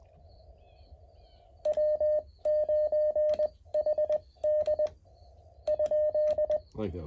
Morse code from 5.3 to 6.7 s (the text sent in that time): ?